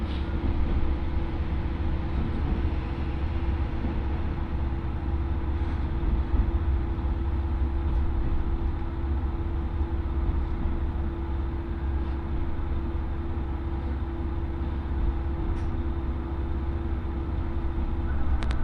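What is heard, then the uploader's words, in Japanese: Inside a first train of the day on the Oito Line, running from Itoigawa toward Minami-Otari. A steady, dense low rumble and engine drone hold throughout with a constant mid hum, while faint clicks and small knocks appear every few seconds. 耳で楽しむ鉄道旅 大糸線 糸魚川→平岩。糸魚川を出る大糸線の始発列車で南小谷へと向かいます。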